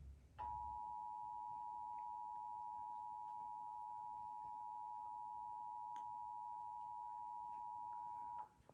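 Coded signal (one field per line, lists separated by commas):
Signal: Emergency Alert System (SAME) tones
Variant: 853 and 960 Hz attention tone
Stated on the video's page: Pennsylvania required monthly test as aired by a cable provider and two broadcast television networks.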